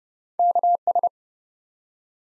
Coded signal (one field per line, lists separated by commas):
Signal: Morse code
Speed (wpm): 32 wpm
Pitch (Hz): 700 Hz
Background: none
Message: KS